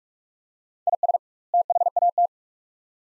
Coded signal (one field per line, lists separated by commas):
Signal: Morse code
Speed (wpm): 47 wpm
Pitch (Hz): 700 Hz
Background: none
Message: IS THAT